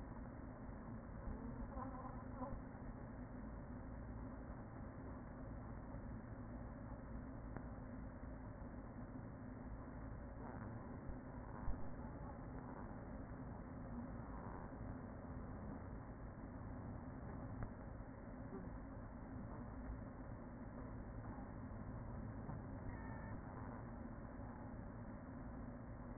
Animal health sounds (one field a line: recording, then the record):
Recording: honeybee colony, microphone inside the hive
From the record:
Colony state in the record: queen present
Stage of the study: after two queens were removed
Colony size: about 40,000 bees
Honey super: no